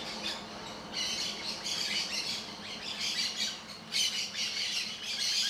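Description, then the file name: Parakeets in a flock giving overlapping shrill squawks and chirps, swelling in bursts. Many parakeets singing together. "Muitos periquitos cantando"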